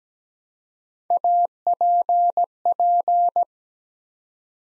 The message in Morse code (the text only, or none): APP